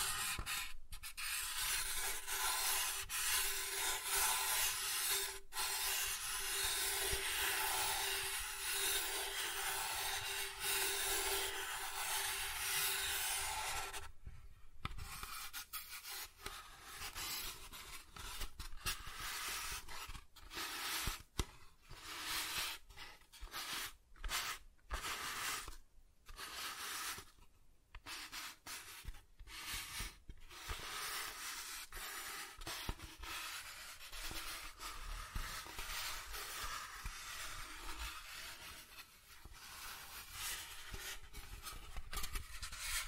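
Soft tracing across a surface makes a steady, bright scratching hiss, broken after about fourteen seconds by frequent short gaps and uneven strokes.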